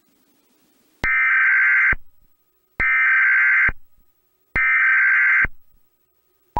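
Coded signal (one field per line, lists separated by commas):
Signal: Emergency Alert System (SAME) tones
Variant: header bursts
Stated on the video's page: Fictional EAS scenario of a nuclear disaster in Illinois caused by a tornado.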